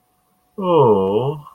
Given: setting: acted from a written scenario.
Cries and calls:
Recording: vocal sound without words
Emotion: sympathy

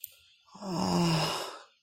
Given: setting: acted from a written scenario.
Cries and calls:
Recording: vocal sound without words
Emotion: guilt

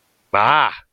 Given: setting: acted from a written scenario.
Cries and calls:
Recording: vocal sound without words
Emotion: triumph

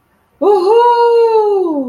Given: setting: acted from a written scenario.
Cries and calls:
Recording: vocal sound without words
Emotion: ecstasy

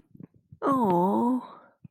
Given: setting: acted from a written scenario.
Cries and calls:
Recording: vocal sound without words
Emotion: adoration

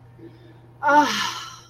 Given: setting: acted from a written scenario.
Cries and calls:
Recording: vocal sound without words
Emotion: contentment

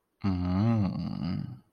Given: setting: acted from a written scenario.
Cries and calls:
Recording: vocal sound without words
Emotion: desire

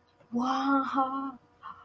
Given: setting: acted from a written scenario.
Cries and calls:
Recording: vocal sound without words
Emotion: elation

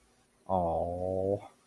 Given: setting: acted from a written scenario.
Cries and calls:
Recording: vocal sound without words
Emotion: adoration

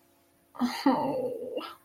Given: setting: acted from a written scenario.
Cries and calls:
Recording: vocal sound without words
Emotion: embarrassment

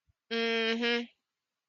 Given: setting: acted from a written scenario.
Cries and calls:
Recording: vocal sound without words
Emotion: pride

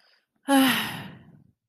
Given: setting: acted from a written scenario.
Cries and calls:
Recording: vocal sound without words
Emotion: distress

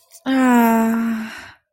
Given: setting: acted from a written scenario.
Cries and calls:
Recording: vocal sound without words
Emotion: positive surprise

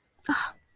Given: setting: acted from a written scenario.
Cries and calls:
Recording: vocal sound without words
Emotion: embarrassment

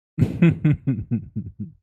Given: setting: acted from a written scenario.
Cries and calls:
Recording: vocal sound without words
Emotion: amusement

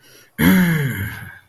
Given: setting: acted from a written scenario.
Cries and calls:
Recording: vocal sound without words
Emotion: pride

